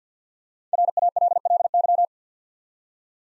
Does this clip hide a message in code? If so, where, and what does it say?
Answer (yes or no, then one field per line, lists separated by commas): yes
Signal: Morse code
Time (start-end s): 0.7-2.1 s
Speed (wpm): 48 wpm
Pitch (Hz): 700 Hz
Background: none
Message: RALLY